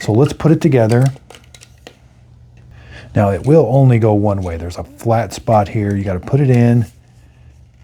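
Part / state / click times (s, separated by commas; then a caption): handle section into the cleaning tool's head / not seated / none. A plastic handle section of a Monaco Windshield Wonder windshield cleaning tool, a keyed piece with a flat spot that fits only one way, is pushed toward the tool's head while someone talks. Between the phrases there are short, sharp handling taps and rattles around 1.4 to 1.9 seconds. Nothing has seated or clicked into place yet.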